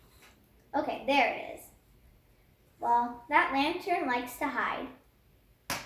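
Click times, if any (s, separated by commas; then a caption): 5.7 s. A plastic toy lantern is pressed into its mount on the wall of a toy house while someone talks. One sharp snap is heard at 5.7 s as the lantern seats in place.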